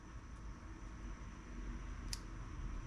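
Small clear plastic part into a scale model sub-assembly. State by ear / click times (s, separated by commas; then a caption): seated / 2.1 s. A small clear plastic part is pressed into a sub-assembly of a Fanhome 1:8 scale DeLorean Time Machine model over a steady low background hum. It gives a single sharp snap at 2.1 s and is seated in place.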